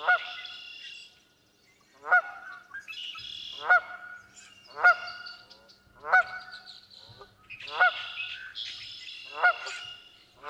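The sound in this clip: Canada goose honks repeated at a steady pace, loud nasal calls with softer higher calls in the background.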